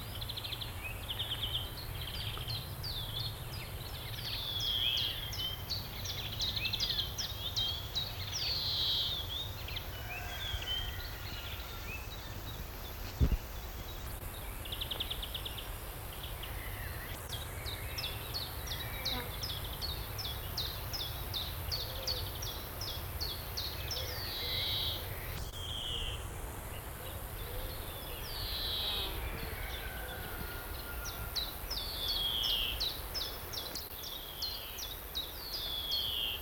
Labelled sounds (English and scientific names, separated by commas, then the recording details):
Common Chiffchaff (Phylloscopus collybita)
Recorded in the wild
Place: Schildow, NSG, Kalktuffgelände am Tegeler Fließ (NSG Schildow), Berlin, DE
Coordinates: 52.642, 13.37
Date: 1992-07-04 11:00
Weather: sonnig (schwül), 24-28°C
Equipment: Marantz CP 430, Sennheiser ME 80, Kopie Tesla B 116
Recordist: Tembrock, Günter